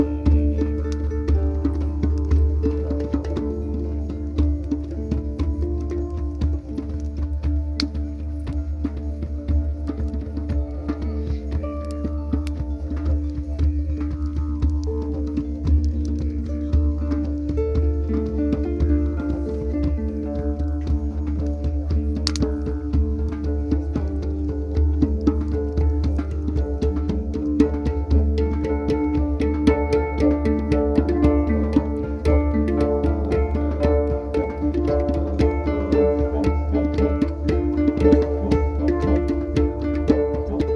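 Harp, hang and didgeridoo play together around a fire bowl. A deep, unbroken didgeridoo drone holds the low end for the whole 41 seconds, while plucked harp notes and ringing hang tones shift above it at an even, unhurried pace, with brief clicks and taps scattered throughout.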